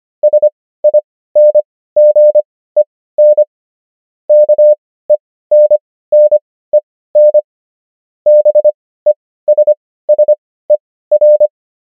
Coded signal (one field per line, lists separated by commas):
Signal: Morse code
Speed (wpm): 25 wpm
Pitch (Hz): 600 Hz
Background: none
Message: SINGEN KENNEN BESSER